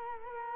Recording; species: mosquito wingbeat signal from an infrared sensor; Culex quinquefasciatus